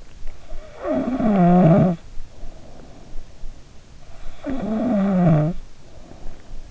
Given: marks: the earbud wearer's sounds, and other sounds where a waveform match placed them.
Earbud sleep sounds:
sounds in sleep by an in-ear microphone; snoring breath
0.42-3.62 s: snoring breath
4.36-6.70 s: snoring breath

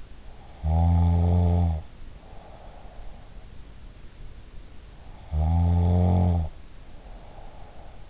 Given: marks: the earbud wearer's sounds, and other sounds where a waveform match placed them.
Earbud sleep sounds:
sounds in sleep by an in-ear microphone; snoring breath
0.49-3.69 s: snoring breath
5.22-8.10 s: snoring breath

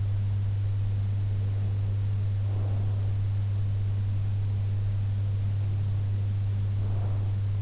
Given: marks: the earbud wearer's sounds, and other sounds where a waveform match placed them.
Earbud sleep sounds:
sounds in sleep by an in-ear microphone; breath
2.40-3.28 s: breath
6.69-7.43 s: breath

